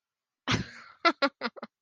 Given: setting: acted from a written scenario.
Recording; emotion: vocal sound without words; amusement